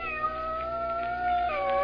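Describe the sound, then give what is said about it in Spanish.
A cat, Roberto del Cid from an audio story, lets out a long, drawn-out meow that holds a steady tone before its pitch bends upward near the end. No one speaks over it. “Las aventuras de Roberto del Cid, el gato.”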